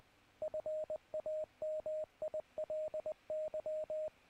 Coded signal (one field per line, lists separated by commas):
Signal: Morse code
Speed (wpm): 20 wpm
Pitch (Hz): 620 Hz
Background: radio noise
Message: FAMILY